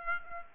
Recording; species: mosquito wingbeat signal from an infrared sensor; Aedes aegypti